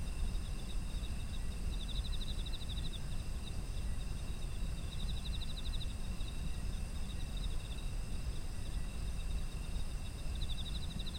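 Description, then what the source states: Insects calling: continuous shrill tones and a few bursts of rapid pulsed trills, with a deep steady rumble underneath. Autumn insects, ambient environmental sound.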